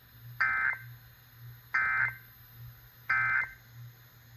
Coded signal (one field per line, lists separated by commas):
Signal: Emergency Alert System (SAME) tones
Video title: A piece of some slight - Alerts from 6/30/24 (EAS #1115 - 1132)